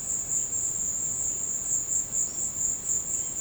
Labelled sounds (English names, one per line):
none